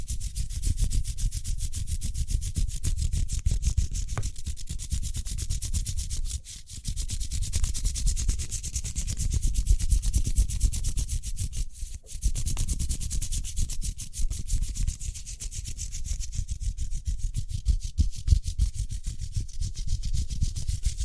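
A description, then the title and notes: Fast, continuous hand rubbing with a dense, papery scrape that carries a low rumble and a bright hiss together. Strokes repeat quickly and evenly, with brief dips near 6.5 and 12 seconds, and the level otherwise stays fairly steady throughout. ASMR Speedy Hand Sounds (No Talking).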